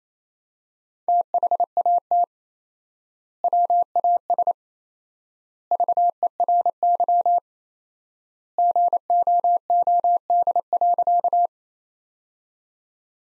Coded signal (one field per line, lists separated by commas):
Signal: Morse code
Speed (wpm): 28 wpm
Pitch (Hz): 700 Hz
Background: none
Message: THAT WAS VERY GOOD.